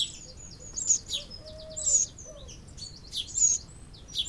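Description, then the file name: Eurasian wren calling with clusters of high, sharp chips and downslurred notes, while a lower, drawn-out whistle sounds in between. "Troglodytes troglodytes"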